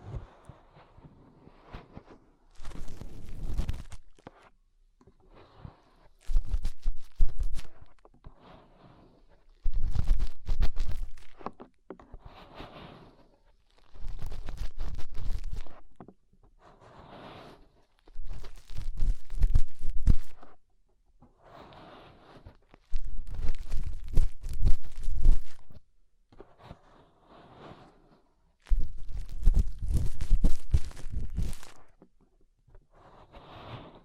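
Fingers rub and scrape inside an ear in repeated bursts of crackly, crunching rustle, each lasting one to two seconds. Quieter scratchy stretches sit between the louder bouts, with near silence in the gaps. Heavy low thumps underlie each burst.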